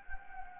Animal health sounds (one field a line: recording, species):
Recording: mosquito wingbeat signal from an infrared sensor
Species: Anopheles gambiae